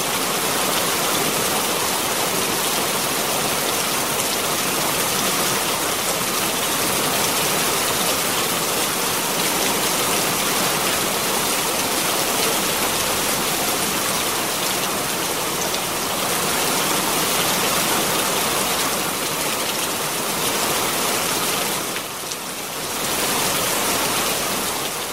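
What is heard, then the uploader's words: Steady, dense rain pours without pause, a constant hissing patter of countless drops, with a brief dip and thinning around twenty-two seconds. Soothing Rainstorm Sounds. Experience the soothing pitter-patter of rain drops as you slowly drift off to sleep or study.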